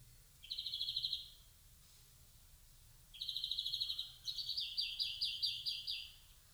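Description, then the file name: European greenfinch calling in fast trills, the last one running into a longer, more varied twittering series; low hum in the background. "Chloris chloris"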